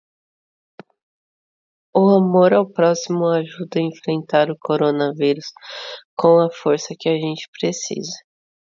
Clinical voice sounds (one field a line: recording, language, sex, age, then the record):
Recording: spoken sentence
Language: Brazilian Portuguese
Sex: female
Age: 30 to 39 years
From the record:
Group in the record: control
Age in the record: 30 years